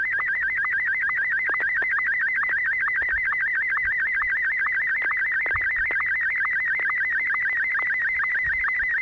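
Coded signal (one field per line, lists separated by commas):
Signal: SSTV (slow-scan television)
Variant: Martin M1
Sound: continuous warbling tone with rapid regular clicks, steady rhythm several times a second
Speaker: in just one moment I'll be transmitting photograph and Martin one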